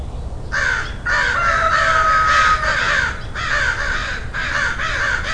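Crow giving hoarse, grating caws in long drawn-out bursts, with a low hum behind.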